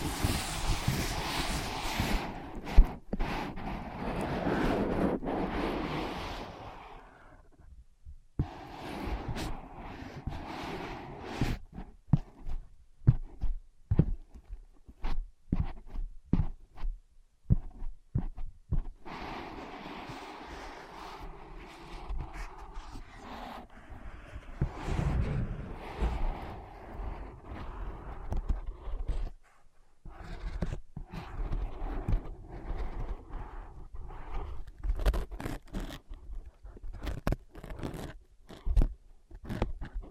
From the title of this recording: Using Ear Pads as Your Ears Tapping, Scratching, Tracing